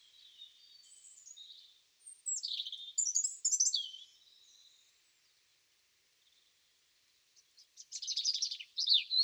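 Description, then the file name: European robin singing varied high-pitched phrases, mixing soft twitters, loud descending whistles and a fast jingling trill, with a short silent gap before the final burst. "Erithacus rubecula"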